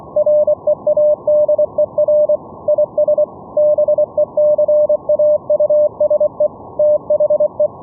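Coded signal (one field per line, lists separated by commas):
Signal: Morse code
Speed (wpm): 24 wpm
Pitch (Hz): 600 Hz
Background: none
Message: READER IS BECAUSE THE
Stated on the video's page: Live demo of a VLF CW net: operators send CW from keying software at 1–20 kHz to a Raspberry Pi server that relays it via pickup coils.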